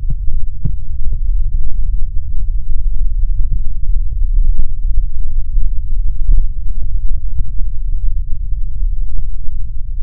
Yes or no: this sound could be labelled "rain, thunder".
no